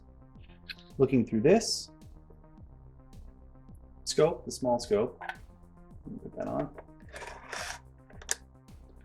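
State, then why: Seated. A small plastic scope is slid along the mount of an X-Shot Regenerator toy foam-dart blaster while someone talks over background music. It snaps into place in the middle of the mount with a sharp click at 8.3 seconds.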